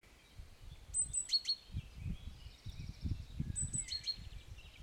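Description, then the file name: Great tit giving a thin high whistle followed by sharp lower notes, the phrase heard twice, with low rumbling background noise. "Parus major"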